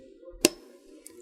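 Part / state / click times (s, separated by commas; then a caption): computer module board into motherboard connectors / seated / 0.4 s. A Kontron computer-on-module board is gripped by hand and squeezed down onto its board-to-board connectors on an Integra motherboard. A sharp snap rings out at 0.4 s over a steady low hum, followed by a faint tick near 1.1 s. The board is now fully seated in its connectors.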